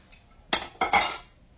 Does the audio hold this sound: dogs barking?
no